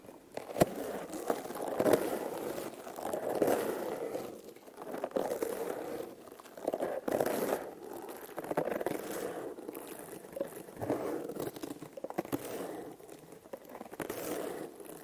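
Intense brushing against a microphone produces dense, scratchy rubbing that swells and fades in uneven strokes, roughly every second or two. Sharp crackling ticks punctuate it, notably near the start and around two, seven and twelve seconds, with the scraping strongest in the lower middle range.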